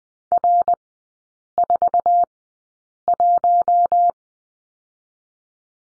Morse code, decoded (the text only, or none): R41